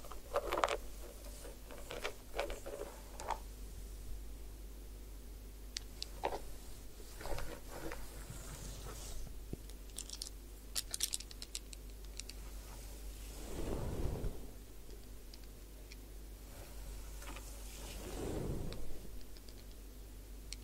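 Ear cleaning with soft scratching, tapping and brushing sounds, a low steady hum underneath, and two swelling rubbing whooshes near fourteen and eighteen seconds.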